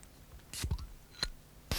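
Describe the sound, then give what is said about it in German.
Two beer bottles are opened, each with a short, airy hiss, separated by low clinking thuds and a sharp metallic click like a cap coming off; no voices. “Zwei Flaschen Bier werden geöffnet.”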